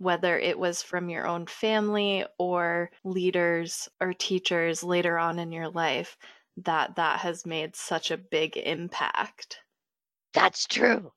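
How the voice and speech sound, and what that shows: A woman speaks fluently in a clear, steady voice of ordinary pitch, with natural phrasing and brief pauses between phrases in a quiet room. It is typical adult speech with no voice disorder.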